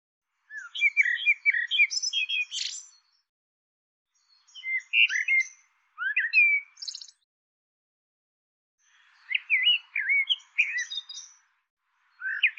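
Bird calling in several bursts of rapid chirps, warbled slurs and high ticks, separated by short pauses.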